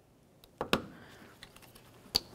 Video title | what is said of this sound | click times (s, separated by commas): How to Replace Headlight Assembly 2004-2015 Nissan Titan | press it in listen for a click give it a tug to make sure it's secured together | 2.2 s